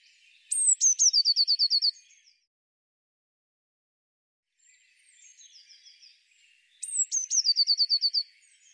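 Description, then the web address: Eurasian blue tit song: sharp, high introductory notes followed by a quick, chattering trill, given twice, with a softer trill phrase between and a slight background hiss. "cianscape birddata Deverinetal 2025 File cleaned normalized Bird Cy Ca"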